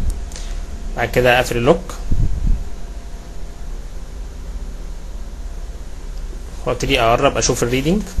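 A micrometer's ratchet thimble is turned to close the metal spindle onto a workpiece held between the anvil and spindle, giving ratchet clicks at 0.1 s and 0.4 s as it makes contact. The lock is then set. Someone talks over a steady low background hum.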